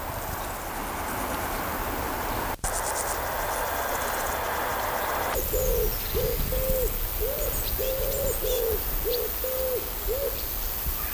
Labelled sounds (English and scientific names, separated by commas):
Lesser Field Grasshopper (Chorthippus mollis) stridulation